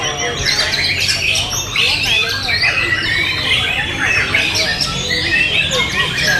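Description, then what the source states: White-rumped shama singing rich, varied whistled phrases mixed with harsher chatter, delivered continuously over a constant low background hiss. Wild bird; natural song recorded in forest.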